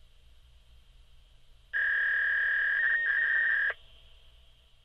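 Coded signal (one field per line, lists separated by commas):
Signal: fax machine handshake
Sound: two-second buzzy tone around 1.7 kHz with a brief warble upward in pitch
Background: low hum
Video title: Fax Data Tone Sound Effect Free Download MP3 | Pure Sound Effect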